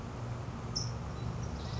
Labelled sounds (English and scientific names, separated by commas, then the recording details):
California Towhee (Melozone crissalis)
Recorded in Sonoma County, California